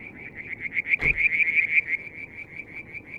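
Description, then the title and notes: Frog giving rapid high pulsed notes in a steady train, with one brief sharp knock midway, over low background rumble. Striped marsh frog, Verreaux's tree frog and an unidentified frog calling one evening near a water tank at Mount Wilson, New South Wales, Australia, July 2022. "Frog song, Mount Wilson, New South Wales, Australia in July 2022 – by Alexander Moffatt. Limnodynastes Peronii, Litoria Verreauxii and a mystery frog one evening near the water tank"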